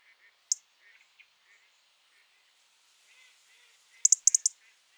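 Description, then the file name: European robin tick call: one lone sharp click, then a quick burst of several clicks near the end, with soft twittering notes underneath. "Erithacus rubecula"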